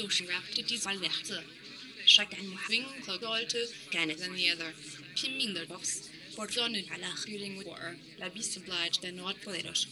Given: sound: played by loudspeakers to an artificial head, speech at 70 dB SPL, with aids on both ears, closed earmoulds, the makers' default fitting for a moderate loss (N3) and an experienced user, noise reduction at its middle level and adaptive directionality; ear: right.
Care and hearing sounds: speech test signal (ISTS) in cocktail-party noise; +6 dB; on the right (90 degrees)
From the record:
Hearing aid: class 2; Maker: J

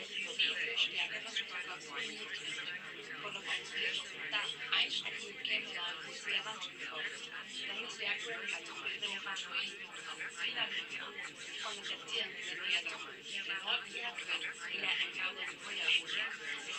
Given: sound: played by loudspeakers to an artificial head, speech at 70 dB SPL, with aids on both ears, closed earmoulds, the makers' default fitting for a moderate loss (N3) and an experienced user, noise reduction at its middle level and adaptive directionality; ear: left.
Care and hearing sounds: speech test signal (ISTS) in cocktail-party noise; -6 dB; on the right (90 degrees)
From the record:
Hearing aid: class 1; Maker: I

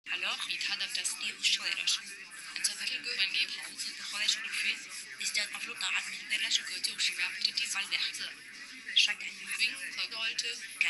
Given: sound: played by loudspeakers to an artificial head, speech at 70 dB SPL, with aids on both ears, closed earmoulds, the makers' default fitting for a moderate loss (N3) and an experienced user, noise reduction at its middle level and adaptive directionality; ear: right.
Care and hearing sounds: speech test signal (ISTS) in cocktail-party noise; -3 dB; in front (0 degrees)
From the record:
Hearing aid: class 2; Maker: H

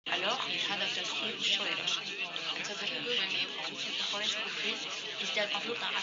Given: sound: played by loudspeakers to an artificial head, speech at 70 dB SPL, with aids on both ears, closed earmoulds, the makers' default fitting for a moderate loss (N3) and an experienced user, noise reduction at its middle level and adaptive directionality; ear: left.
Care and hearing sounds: speech test signal (ISTS) in cocktail-party noise; 0 dB; in front (0 degrees)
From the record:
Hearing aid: class 1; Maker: G

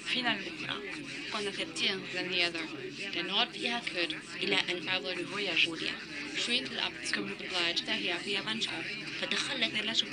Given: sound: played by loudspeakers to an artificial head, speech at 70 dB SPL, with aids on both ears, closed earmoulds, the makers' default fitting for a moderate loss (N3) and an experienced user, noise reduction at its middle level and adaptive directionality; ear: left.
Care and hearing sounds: speech test signal (ISTS) in cocktail-party noise; 0 dB; in front (0 degrees)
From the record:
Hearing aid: class 2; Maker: D

